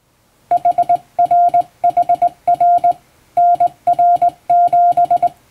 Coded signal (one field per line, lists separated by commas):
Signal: Morse code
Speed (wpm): 21 wpm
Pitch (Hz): 700 Hz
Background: music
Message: HRHR NR7